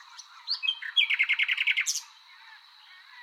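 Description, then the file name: Common nightingale song phrase: a few varied whistled notes, then a fast run of about ten repeated chirps, ending in a brief high buzz. "Luscinia megarhynchos"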